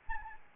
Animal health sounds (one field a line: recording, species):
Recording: mosquito wingbeat signal from an infrared sensor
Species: Anopheles arabiensis